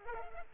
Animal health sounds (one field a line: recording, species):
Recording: mosquito wingbeat signal from an infrared sensor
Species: Culex pipiens